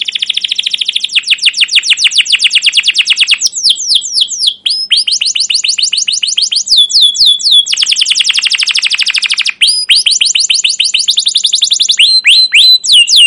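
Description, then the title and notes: Atlantic canary song, long fast rolling trills of rapid chirps with sweeping high notes, changing tempo between runs, continuous and loud throughout. Canary song used as a lure and master recording for teaching young canaries; described as long, emotional chirping 'cuit cuit' and 'ngerol' rolling song. "CUIT CUIT NGEROL LANGSUNG GACOR PANJANG Kenari Utk Pancingan KENAR. PANCINGAN Kenari GACOR PANJANG Cuit CUIT EMOSI utk MASTERAN Kenari PAUD belajar BUNYI. burung kenari"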